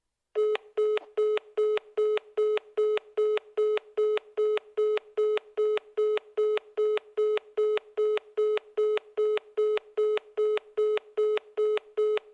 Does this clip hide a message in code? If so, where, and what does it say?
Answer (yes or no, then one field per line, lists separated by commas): no